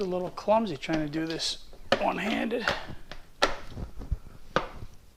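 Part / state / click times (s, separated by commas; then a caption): cover onto an air suspension component or housing / seated / 4.6 s. A plastic cover is refitted one-handed onto an air ride suspension component while someone talks. A few fumbling knocks at about 3.1 and 3.4 seconds are followed by a sharp snap at 4.6 seconds as the cover seats in place.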